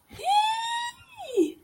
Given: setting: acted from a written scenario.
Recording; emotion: vocal sound without words; triumph